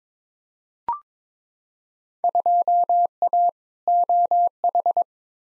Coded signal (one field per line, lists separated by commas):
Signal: Morse code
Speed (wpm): 22 wpm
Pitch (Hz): 700 Hz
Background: none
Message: 2A OH